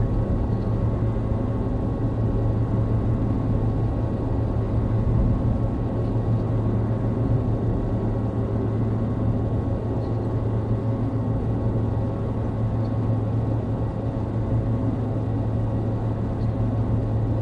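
A very low mechanical noise drones on without a break, a deep steady rumble with a strong hum line standing out near the bottom and a few fainter tones above it. Faint higher ticks surface about every three seconds, and the level barely changes throughout.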